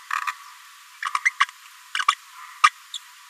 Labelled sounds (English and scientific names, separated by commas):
Green-rumped Parrotlet (Forpus passerinus) babbling